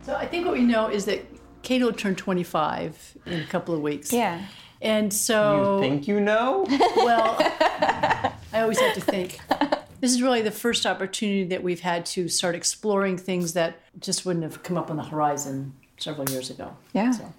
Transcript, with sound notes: So, I think what we know is that Kade’ll turn 25 in a couple of weeks.
Yeah.
And, so—
You think you know?!
[laughs]
Well, I always have to think. This is really the first opportunity that we’ve had to start exploring things that just wouldn’t have come up on the horizon several years ago.